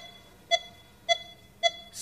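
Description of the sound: Three steady pulse oximeter beeps from a young person's finger, roughly 110 a minute, with the gap between them shortening slightly, then a brief burst of noise and voice. Respiratory sinus arrhythmia: heart rate speeds up on breathing in and slows on breathing out, a normal sign of good health and youth that is lost in heart disease.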